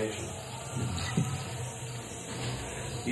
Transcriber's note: chuckles